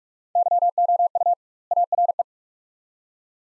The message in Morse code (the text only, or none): YOU ARE